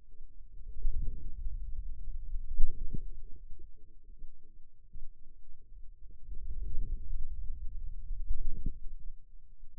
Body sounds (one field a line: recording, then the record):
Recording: forearm muscle sounds (acoustic myography)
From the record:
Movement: hand closing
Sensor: system 2, bracelet of six BSWA MPA416 microphones around the upper forearm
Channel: 2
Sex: male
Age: 22 years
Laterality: right